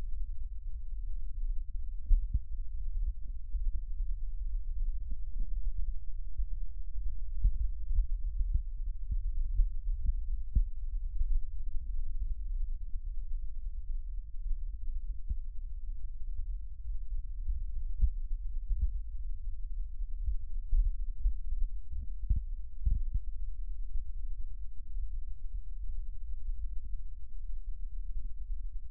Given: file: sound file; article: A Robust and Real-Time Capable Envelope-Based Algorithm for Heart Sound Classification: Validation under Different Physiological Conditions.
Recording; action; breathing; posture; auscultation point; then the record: heart sounds by electronic stethoscope; rest; normal; sitting; centre of the back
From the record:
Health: healthy, no known heart disease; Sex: male